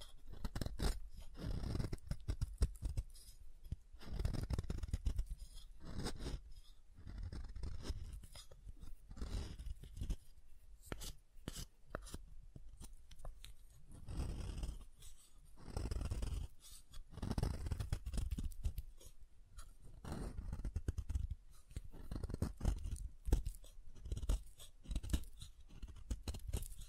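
Soap being tapped and carved, with short crunchy scrapes and taps coming in quick irregular bursts throughout. The sounds are dense and crisp, with a strong low thump under each stroke and brief quiet gaps between clusters.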